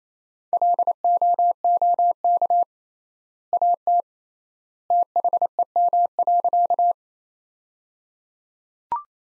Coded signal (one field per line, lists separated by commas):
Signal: Morse code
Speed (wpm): 28 wpm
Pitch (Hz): 700 Hz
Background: none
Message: LOOK AT THEM.